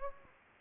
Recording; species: mosquito wingbeat signal from an infrared sensor; Anopheles gambiae